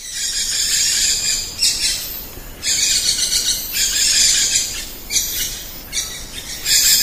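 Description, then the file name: Lorikeet screeches, loud harsh hissing shrieks in repeated bursts separated by short gaps. "Лори -Лорикет -Попугай -Голоса-птиц"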